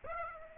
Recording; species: mosquito wingbeat signal from an infrared sensor; Aedes aegypti